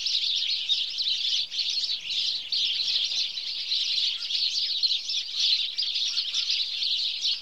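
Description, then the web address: House sparrows chattering together, many high chirps blending into a constant twittering wash throughout. "The BBC Sound Effects Library. Birds. House Sparrow (Passer Domesticus)"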